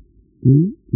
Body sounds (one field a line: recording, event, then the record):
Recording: neck accelerometer signal played as sound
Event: no cough (speech, laughter, throat clearing or background)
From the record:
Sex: female